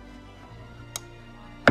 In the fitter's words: you hear that little tiny click